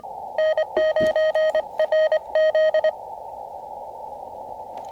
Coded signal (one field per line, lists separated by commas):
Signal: Morse code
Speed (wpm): 25 wpm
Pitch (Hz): 1900 Hz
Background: none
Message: N9RZ